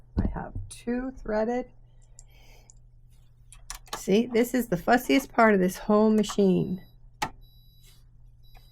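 A bobbin case is handled at the bobbin area of a sashiko sewing machine during a fussy re-insertion while someone talks. Brief sharp ticks and small handling knocks are heard between the speech. The bobbin case has not yet seated or clicked into the machine.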